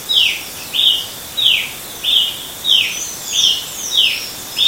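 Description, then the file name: Brazilian tanager: about eight sharp, slightly descending call notes in under five seconds, evenly spaced, with soft high chirps from another bird. Recorded in Itatiaia National Park, Brazil, at 6 am; date given as 10-1-14; recordist A. Silveira. "Ramphocelus-bresilius-PNItatiaia-BR-10-1-14-ASilveira-6 am"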